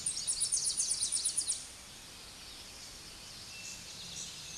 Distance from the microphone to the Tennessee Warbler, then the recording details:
about 25 m. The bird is about 5 m above the microphone. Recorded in a Pennsylvania forest on 16 May 2024 at 06:25. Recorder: AudioMoth, point MSD-0521. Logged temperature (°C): 15.8 °C. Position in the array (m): 69 m, 91 m